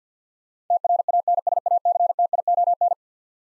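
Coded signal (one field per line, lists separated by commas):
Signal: Morse code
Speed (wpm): 50 wpm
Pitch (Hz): 700 Hz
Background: none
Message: TRANSACTION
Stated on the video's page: Morse code word drill of eleven-letter words at 50 wpm, each sent, then spoken, then sent again for head-copy practice.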